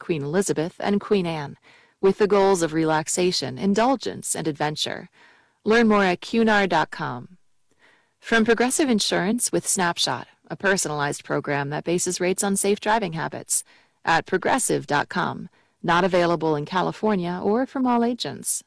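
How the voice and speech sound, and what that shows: One adult voice reads NPR sponsor underwriting announcements fluently, with steady pacing and brief pauses between messages: typical speech.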